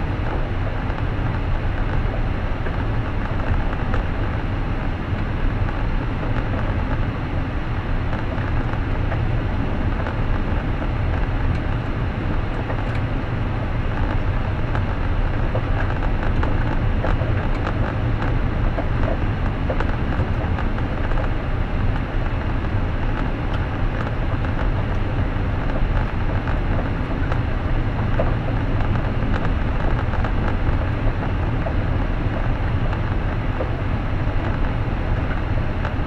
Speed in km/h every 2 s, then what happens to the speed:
60, 60, 60, 61, 61, 62, 62, 62, 62, 62, 62, 62, 63, 63, 63, 62, 61, 62.
0-36 steady at about 62.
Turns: none.